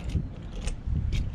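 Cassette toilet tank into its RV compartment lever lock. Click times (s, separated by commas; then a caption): 0.7 s. After emptying, the cassette toilet tank of a 2023 Thor Tranquility 19L RV is slid back into its compartment and the lever is closed without forcing it, since forcing could snap the lever inside the toilet. A low rumbling, ratchet-like mechanical sound has faint taps near 0.1 s and 1.3 s, with a sharper click at 0.7 s as the lever locks back into place.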